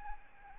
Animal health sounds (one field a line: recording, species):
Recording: mosquito wingbeat signal from an infrared sensor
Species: Aedes albopictus